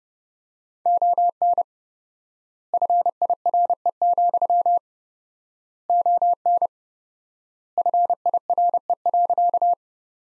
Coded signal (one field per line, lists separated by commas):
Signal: Morse code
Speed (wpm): 30 wpm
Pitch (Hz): 700 Hz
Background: none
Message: ON FIRE, ON FIRE.